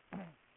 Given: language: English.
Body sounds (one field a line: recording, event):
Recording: throat vibration sensor signal played as sound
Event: throat clearing